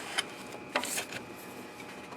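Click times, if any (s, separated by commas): none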